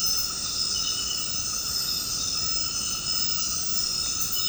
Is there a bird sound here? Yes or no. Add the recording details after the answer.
no. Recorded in secondary vegetation near Puerto Asís, Putumayo, Colombia, on 18 February 2024 at 22:00. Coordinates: 0.468, -76.324. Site G6381